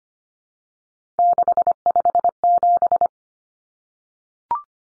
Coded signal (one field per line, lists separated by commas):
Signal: Morse code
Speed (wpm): 25 wpm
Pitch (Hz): 700 Hz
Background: none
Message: 657